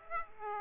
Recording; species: mosquito wingbeat signal from an infrared sensor; Aedes aegypti